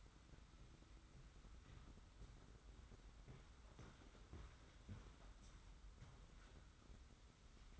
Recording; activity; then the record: daily activity, microphone in the room; walk to room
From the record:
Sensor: 3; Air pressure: 991.0 hPa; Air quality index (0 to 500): 104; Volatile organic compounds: 40 ppm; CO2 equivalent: 3144 ppm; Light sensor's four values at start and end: 44/123/50/44 and 44/122/50/44